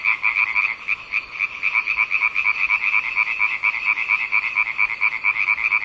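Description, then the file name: Frog croaking in a steady run of quick pulsed calls, about two per second, forming a continuous chorus with no other sounds. "zaby"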